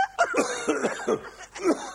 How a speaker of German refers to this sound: Sag einmal, woran hast du dich denn jetzt so verschluckt? Ich weiß nicht, wenn ich das wüsste. Und so einen komischen Husten hast.